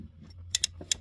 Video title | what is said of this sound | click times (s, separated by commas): AUCTION PONTIAC VIBERATIOR, BRAKE CHECK, FOG LIGHTS HEAD LIGHT, DETAIL, & TIMING CHAING STUFF. | Yeah, I did hear a little click. | 0.5 s, 0.6 s